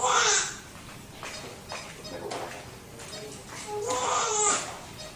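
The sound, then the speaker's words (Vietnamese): A newborn baby whimpers and cries in thin, high-pitched bursts, heard from outside the delivery room, with a louder wail at the start and another near the end, and softer fretful sounds in between. “Cuối cùng, bên ngoài cũng được nghe tiếng khóc nỉ non của trẻ sơ sinh.”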